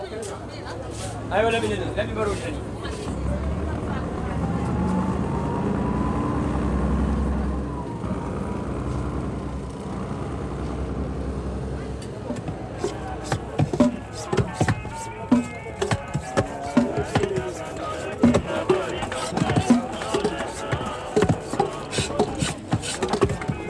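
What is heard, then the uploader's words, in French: An everyday street scene: voices talk over a steady low rumble of traffic for the first ten seconds, with a faint rising and falling tone passing through. After that the traffic thins and chatter, clicks and knocks come in quick irregular bursts. Dakar – Du passé au présent. Certaines scènes de la vie quotidienne enregistrées dans les années 1970 à Dakar s’entendent encore aujourd’hui dans ses rues. Bruitages d’Afrique - Archives radiophoniques édité par la RTF. Il a été enregistré dans les années 1960 et 1970 par José Pivin, Pierrette Perrono et Christian Grelon.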